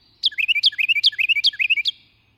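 Carolina Wren song: a loud, ringing phrase repeated five times in quick succession, each a sharp high downstroke followed by rolling lower notes.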